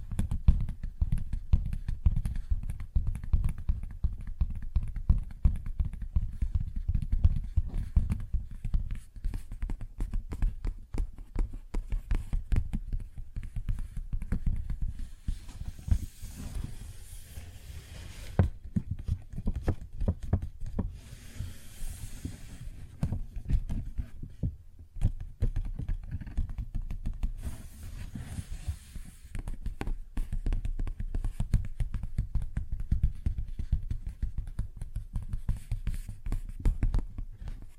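Fingers tap and scratch on a paper bag in a dense, unbroken stream of quick, dry clicks and rustles, mostly low and dull. Brighter, hissing scrapes come in stretches around 15–18, 21–23 and 27–30 seconds, with a brief pause near 25 seconds.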